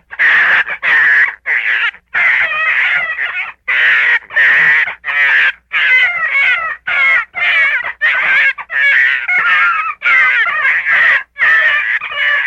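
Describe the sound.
Gray fox uttering a long sequence of harsh, wavering yelps in bursts separated by short gaps throughout.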